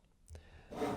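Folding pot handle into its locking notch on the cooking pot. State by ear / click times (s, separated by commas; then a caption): not seated / none. The updated 2025 FireMaple Star X2 Pro camping stove pot has its sturdier spring-loaded folding handle brought down toward the small locking notch on the pot. Two brief, sharp ticks sound at about 0.3 and 0.35 seconds, followed by a louder broadband rustle from about 0.7 seconds to the end. Nothing has seated or clicked into place yet.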